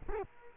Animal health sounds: mosquito wingbeat signal from an infrared sensor; Culex quinquefasciatus

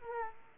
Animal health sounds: mosquito wingbeat signal from an infrared sensor; Aedes aegypti

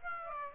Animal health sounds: mosquito wingbeat signal from an infrared sensor; Aedes aegypti

